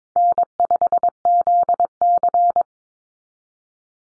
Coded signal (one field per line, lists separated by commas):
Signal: Morse code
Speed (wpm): 22 wpm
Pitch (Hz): 700 Hz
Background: none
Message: N5ZC